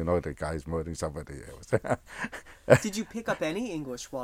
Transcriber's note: he laughs